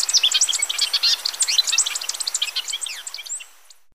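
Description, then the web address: Golden-rumped euphonia song: a dense, fast twittering chatter of high, sharp notes that runs for about three seconds, then stops abruptly. Recorded in Ecuador. "Natures Songs S America Birds of Ecuador Golden-rumped Euphonia"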